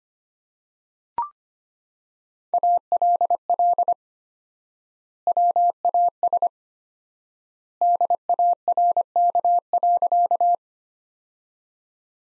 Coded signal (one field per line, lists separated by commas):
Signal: Morse code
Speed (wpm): 25 wpm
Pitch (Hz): 700 Hz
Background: none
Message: ALL WAS DARK.